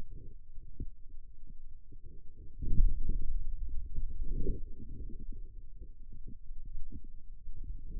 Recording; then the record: forearm muscle sounds (acoustic myography)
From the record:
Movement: finger pinch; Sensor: system 2, bracelet of six BSWA MPA416 microphones around the upper forearm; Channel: 6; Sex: male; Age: 22 years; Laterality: right